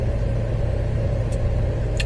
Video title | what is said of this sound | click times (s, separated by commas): Team Associated RC10T Build - Part 1 | you heard it click | 2.0 s